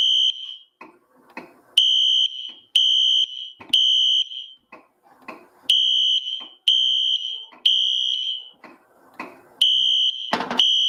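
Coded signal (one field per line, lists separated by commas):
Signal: alarm pattern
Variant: temporal-3 horn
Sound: harsh horn blasts in repeating groups of three, each about half a second, with pauses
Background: handling clicks, room noise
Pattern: temporal three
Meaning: Temporal-three fire alarm signal meaning evacuate the building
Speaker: It is a Mercom Life Safety MS-501U. I'm thinking we'll go ahead and pull this and re-alarm the system. Here we go.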